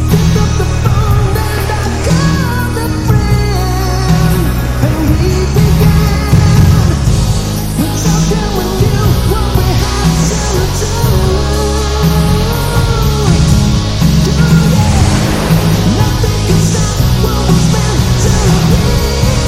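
Loud, dense melodic rock plays steadily throughout, with heavy bass notes underneath, sustained guitar and keyboard chords, and a strained singing voice on top.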